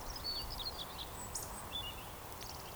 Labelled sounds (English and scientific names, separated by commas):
Eurasian Woodcock (Scolopax rusticola)